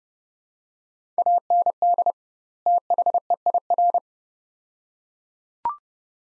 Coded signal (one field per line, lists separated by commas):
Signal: Morse code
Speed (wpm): 31 wpm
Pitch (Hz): 700 Hz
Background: none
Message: AND THEIR